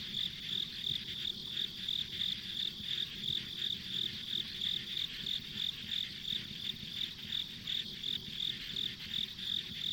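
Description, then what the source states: Insects sing in a rhythmic high chirp roughly three times a second, over a continuous buzzing chorus and a faint low-frequency rumble. Insects as ambient sound on a rural country road.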